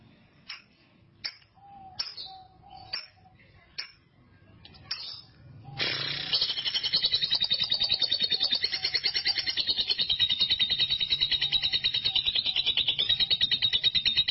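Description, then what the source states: Canary song: a few scattered clicks and short notes, then a fast, even, high rolling trill that runs without pause for the last eight seconds. Master song used for training canaries.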